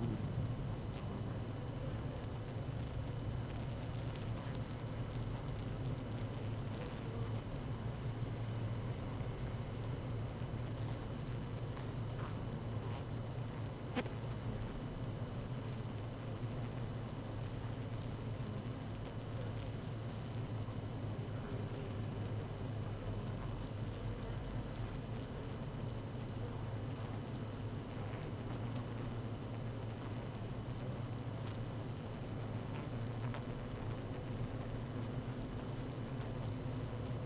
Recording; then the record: honeybee colony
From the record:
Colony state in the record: active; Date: 12 June 2018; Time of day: 17:00